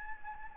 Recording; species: mosquito wingbeat signal from an infrared sensor; Anopheles gambiae